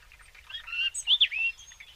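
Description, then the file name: European robin gives a short warbled phrase of high, wavering whistles over a quiet background. "Erithacus rubecula"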